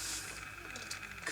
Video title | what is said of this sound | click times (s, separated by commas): DIY Dell Inspiron 15 3000 screen replacement | in look there's a little click so that's again | 0.9 s